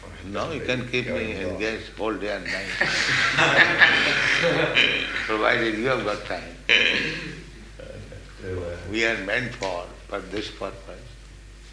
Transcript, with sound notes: No, you can keep me engaged whole day and night, [laughter] provided you have got time. We are meant for this purpose.